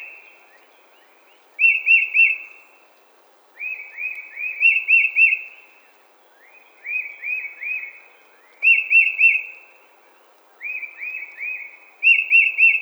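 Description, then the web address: Tufted titmouse producing groups of bright, quick whistled notes that each drop in pitch, with the groups spaced about two seconds apart. Recorded 20 March 2007. "Tufted Titmouse 2007 03 20"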